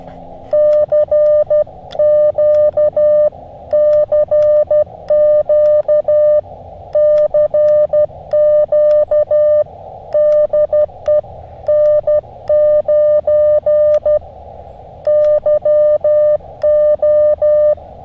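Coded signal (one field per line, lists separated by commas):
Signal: Morse code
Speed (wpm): 12 wpm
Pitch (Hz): 600 Hz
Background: none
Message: CQ CQ CQ DE N9YO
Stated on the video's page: QRP CW from an Elecraft KX2 using a Packtenna long wire antenna outdoors in fall.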